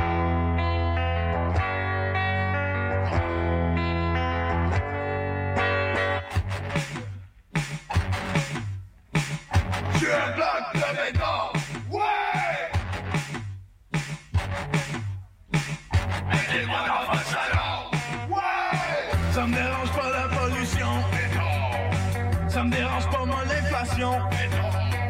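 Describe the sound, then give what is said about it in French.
A loud rock song driven by heavily distorted electric guitars and a thumping low end, with a shouted vocal joining after a brief break and the dense wall of sound continuing. “Alors, j'avais envie de te partager une des chansons qui se retrouve sur ce merveilleux album”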